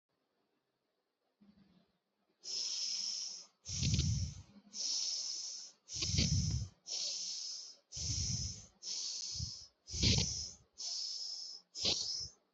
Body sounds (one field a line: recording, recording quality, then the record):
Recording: shallow breathing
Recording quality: excellent, no background noise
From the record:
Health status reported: healthy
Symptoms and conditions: none ticked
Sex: male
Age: 29 years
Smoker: not ticked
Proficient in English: yes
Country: India